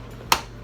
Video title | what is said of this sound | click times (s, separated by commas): #faberware | right in place snaps | 0.3 s